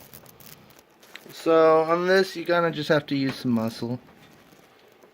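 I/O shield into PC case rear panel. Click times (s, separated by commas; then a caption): 1.2 s. A thin stamped metal rear I/O shield is pressed with force into the rear panel opening of a PC case until it sits flush. Several small metallic taps occur early on, ending in the strongest click at 1.2 s as the shield snaps into place and seats. Someone then talks.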